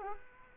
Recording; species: mosquito wingbeat signal from an infrared sensor; Culex quinquefasciatus